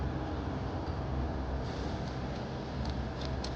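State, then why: Seated. A carabiner is clipped onto a climbing extension (quickdraw) during aid climbing, grabbed with the left hand and clipped quickly. Over steady broadband rumbling noise, one short, quiet click is heard at 3.4 s as the carabiner seats on the extension.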